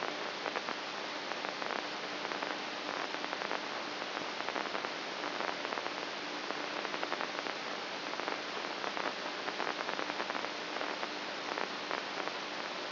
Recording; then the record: brain microelectrode recording played as sound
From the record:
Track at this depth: outside the subthalamic nucleus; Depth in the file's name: 1.738 mm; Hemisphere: left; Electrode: 2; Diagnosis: Parkinson's disease